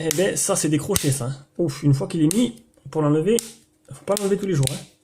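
Someone talks while handling the plastic back cover of an Mpie Y12 smartphone, working it back onto the phone body, with a few brief handling taps and rustles between the words. Nothing has seated or clicked yet; the cover is not yet home when the clip ends.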